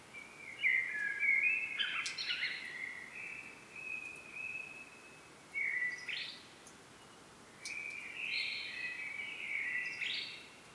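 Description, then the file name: Common blackbird song: repeated fluty warbling phrases broken by short pauses, several ending in a sharp high twitter. "Turdus merula"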